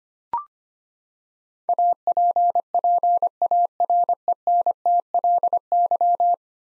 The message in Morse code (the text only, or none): APPARENTLY